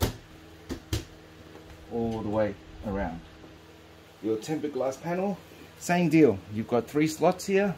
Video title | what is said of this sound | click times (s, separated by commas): SEPT 2023 WHITE LIAN LI lancool 216 build 13700KF ZOTAC TRINITY RTX 4080 64gb ddr5 1000w gold psu | sure they sit in and then just simply push it on until it clicks in | 0.0 s, 0.9 s